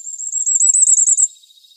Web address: Schulze Peter Firecrest song